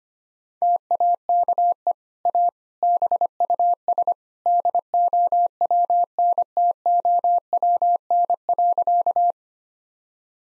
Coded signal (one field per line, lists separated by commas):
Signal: Morse code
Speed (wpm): 25 wpm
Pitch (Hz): 700 Hz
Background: none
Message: TAKE A BUS DOWNTOWN.